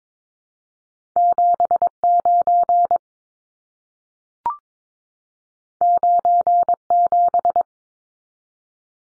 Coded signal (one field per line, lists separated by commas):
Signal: Morse code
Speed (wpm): 22 wpm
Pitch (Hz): 700 Hz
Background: none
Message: 79 97